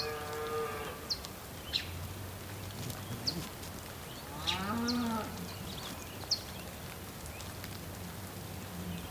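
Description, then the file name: Bull: a moo trails off at the start and a quieter, bending low follows midway, with sharp bird chirps and a soft, constant rumble. Ambience recorded on the Patagonian plain, with bulls and birds. "ambience patagonian plain bulls birds rain"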